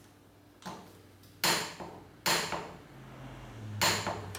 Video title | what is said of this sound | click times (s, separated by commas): Tirox Chain Care Products | so you hear that click and then you're all done | 3.8 s